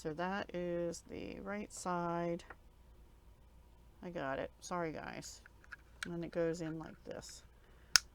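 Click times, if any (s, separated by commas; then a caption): 8.0 s. Someone talks while fitting a removable piece into its holder on a newly bought jewelry-making accessory, pushing it into place by hand. After the talking, one sharp snap is heard at 8.0 seconds as the insert snaps into the holder and seats.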